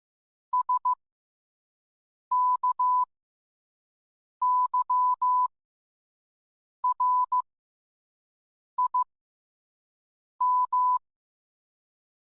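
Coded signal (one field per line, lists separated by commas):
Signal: Morse code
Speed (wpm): 15 wpm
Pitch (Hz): 1000 Hz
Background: none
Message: SKYRIM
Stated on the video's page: Morse code in a fictional story episode, accompanying a poem by John Keats.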